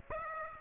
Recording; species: mosquito wingbeat signal from an infrared sensor; Aedes aegypti